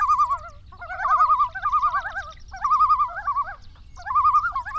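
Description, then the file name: Common Loon giving several loud, wavering tremolo calls in waves, with a low hum underneath. More than one common loon, in Wisconsin, recorded on 28 August 2006. "08-28-06-Wisconsin Common Loons"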